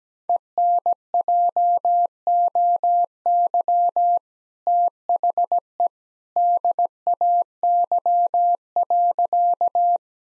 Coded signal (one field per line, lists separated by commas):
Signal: Morse code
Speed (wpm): 17 wpm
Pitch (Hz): 700 Hz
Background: none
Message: ENJOY THE DAY.